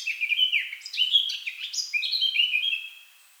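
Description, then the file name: Eurasian blackcap song: a rapid, continuous warble of varied chirping notes, running for about three seconds before fading. "Sylvia atricapilla"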